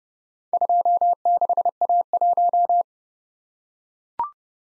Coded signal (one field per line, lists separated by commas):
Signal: Morse code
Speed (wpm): 28 wpm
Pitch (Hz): 700 Hz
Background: none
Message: 26A1